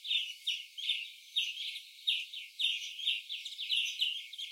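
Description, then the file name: European greenfinch giving a series of short chirping notes, over a steady hiss of background noise. "Chloris chloris"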